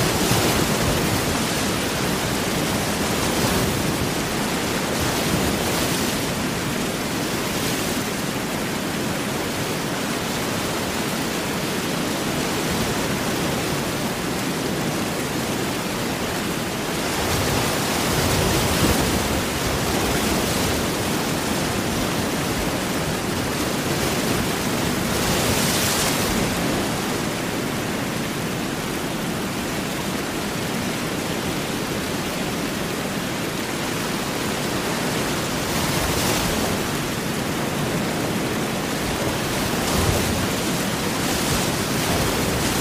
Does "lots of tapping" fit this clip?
no